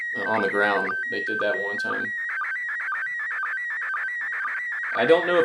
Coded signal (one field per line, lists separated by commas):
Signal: SSTV (slow-scan television)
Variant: PD 120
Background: speech